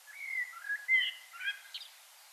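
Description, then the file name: Common blackbird soft fluted warbling, several short rising and falling whistled notes ending with a thin high squeak, over a light hiss. "Turdus merula"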